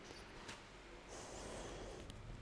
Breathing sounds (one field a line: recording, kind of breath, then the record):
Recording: one breath in and out by a microphone near the nose and mouth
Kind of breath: deep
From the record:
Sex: female